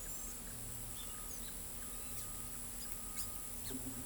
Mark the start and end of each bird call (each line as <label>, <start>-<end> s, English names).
Palm Tanager, 2.79-4.06 s